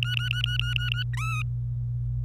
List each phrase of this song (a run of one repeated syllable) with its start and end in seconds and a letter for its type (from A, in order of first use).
0.02-1.03 A, 1.13-1.43 B